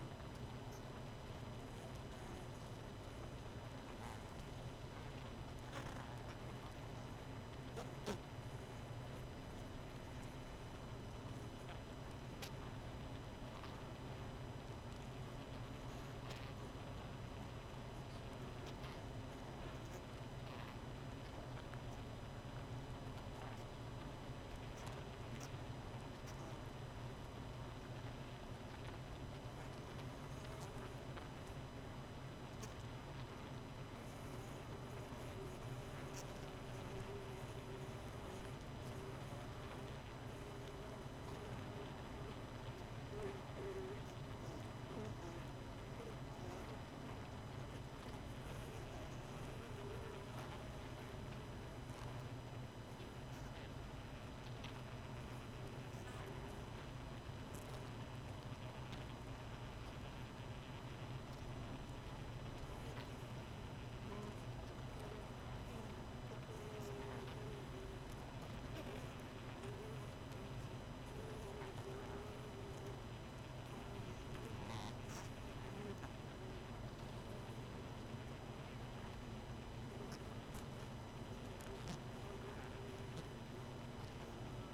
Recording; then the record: honeybee colony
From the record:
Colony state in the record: missing queen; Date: 31 May 2018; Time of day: 0:00